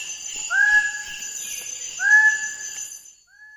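Greater bird-of-paradise giving two loud rising, slurred whistled notes about one and a half seconds apart, with a steady high insect hum behind.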